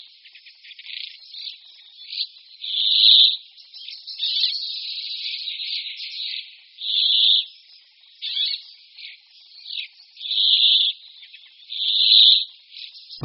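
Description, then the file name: Brambling giving several long nasal, buzzy wheezes, with softer chattering notes between them. "Pěnkava-jikavec"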